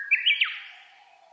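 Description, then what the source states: Japanese bush warbler song ending: a short flat whistle, then a quick rising-and-falling flourish of clear notes, trailing into a fading echo. Recorded on 29 April 2001.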